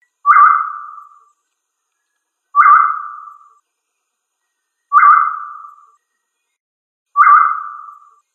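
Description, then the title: Tinamou whistled call: four identical clear whistles, each starting sharply and sliding down in pitch, repeated a little over every two seconds in otherwise silent surroundings. "Familia Tinamidae - Quail - Puyuh"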